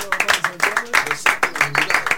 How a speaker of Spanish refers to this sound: Fuerte el aplauso.